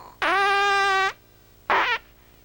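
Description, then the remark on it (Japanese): Two fart noises with no talking in a Dragon Ball scene: a long, steady, buzzing one lasting nearly a second, then a short, rough burst after a brief pause. “おならしたな。”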